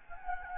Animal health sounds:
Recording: mosquito wingbeat signal from an infrared sensor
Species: Anopheles gambiae

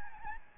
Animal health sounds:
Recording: mosquito wingbeat signal from an infrared sensor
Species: Aedes albopictus

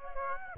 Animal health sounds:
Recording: mosquito wingbeat signal from an infrared sensor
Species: Aedes aegypti

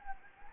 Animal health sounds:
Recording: mosquito wingbeat signal from an infrared sensor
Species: Anopheles gambiae

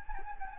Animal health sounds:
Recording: mosquito wingbeat signal from an infrared sensor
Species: Anopheles gambiae

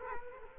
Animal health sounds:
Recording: mosquito wingbeat signal from an infrared sensor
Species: Culex quinquefasciatus

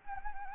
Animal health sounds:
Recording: mosquito wingbeat signal from an infrared sensor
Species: Anopheles gambiae

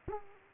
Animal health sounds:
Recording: mosquito wingbeat signal from an infrared sensor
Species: Culex quinquefasciatus

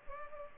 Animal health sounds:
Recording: mosquito wingbeat signal from an infrared sensor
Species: Culex pipiens

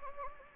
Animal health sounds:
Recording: mosquito wingbeat signal from an infrared sensor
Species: Anopheles gambiae

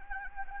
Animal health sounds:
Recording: mosquito wingbeat signal from an infrared sensor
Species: Anopheles arabiensis

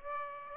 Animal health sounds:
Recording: mosquito wingbeat signal from an infrared sensor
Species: Aedes aegypti

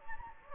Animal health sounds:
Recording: mosquito wingbeat signal from an infrared sensor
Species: Anopheles gambiae

